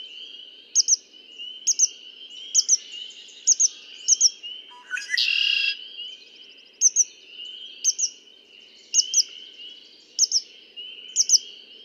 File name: Red-winged Blackbird